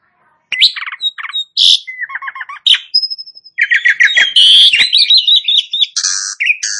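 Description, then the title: Asian pied starling song, a varied jumble of clear whistles, rapid chattering rattles and harsh buzzy notes, delivered almost without pause after a brief silence. Starling starts singing in under a minute. "Belum Satu Menit Jalak Suren Langsung Bunyi"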